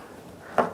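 A plastic tube adapter is pushed down into a hole punched in 13 mm irrigation pipe. After a quiet stretch, a single sharp pop sounds at 0.6 s as it snaps into place. The adapter is seated and secure.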